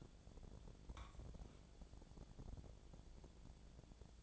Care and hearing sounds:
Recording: daily activity, microphone in the room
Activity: take from stove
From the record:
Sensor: 5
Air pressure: 1000.0 hPa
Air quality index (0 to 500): 94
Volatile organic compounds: 1 ppm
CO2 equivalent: 766 ppm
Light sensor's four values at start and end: 380/908/392/442 and 380/909/392/442

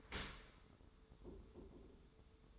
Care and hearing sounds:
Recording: daily activity, microphone in the room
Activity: open dishwasher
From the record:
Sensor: 3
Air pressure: 1014.9 hPa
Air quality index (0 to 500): 35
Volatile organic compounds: 1 ppm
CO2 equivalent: 561 ppm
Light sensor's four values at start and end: 11/26/11/11 and 11/26/11/11

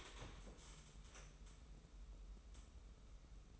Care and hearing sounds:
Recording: daily activity, microphone in the room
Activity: stand up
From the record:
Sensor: 1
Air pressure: 994.4 hPa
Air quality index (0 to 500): 221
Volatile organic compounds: 1000 ppm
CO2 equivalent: 7932 ppm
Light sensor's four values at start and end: 124/282/127/138 and 123/278/125/137

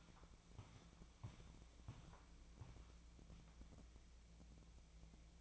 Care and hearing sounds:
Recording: daily activity, microphone in the room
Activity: walk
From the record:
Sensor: 1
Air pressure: 1012.2 hPa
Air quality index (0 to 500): 178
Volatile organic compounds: 3 ppm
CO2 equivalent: 1465 ppm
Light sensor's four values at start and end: 50/136/55/68 and 53/141/58/72

